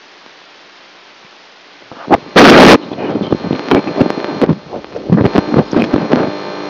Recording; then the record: brain microelectrode recording played as sound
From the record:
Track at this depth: outside the subthalamic nucleus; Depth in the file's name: -0.043 mm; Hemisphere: left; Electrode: 2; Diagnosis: Parkinson's disease